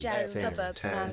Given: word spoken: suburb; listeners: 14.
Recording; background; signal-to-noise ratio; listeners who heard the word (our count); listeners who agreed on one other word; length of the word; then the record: one English word in noise, from a listening test; four-talker babble; -2.4 dB; 1 of 14; 6 of 14; 0.73 s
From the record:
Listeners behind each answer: 6, 2, 1, 1, 1, 1, 1, 1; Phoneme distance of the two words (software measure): 45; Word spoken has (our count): 2 syllables, 5 phonemes, stress on syllable 1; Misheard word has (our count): 1 syllable, 4 phonemes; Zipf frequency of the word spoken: 3.61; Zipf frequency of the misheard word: 2.74